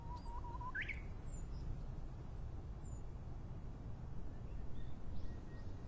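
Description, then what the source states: Japanese bush warbler song: a short, low, wavering whistle leading straight into a quick rising flourish, then only faint chirps and steady low noise. Recorded in 2012.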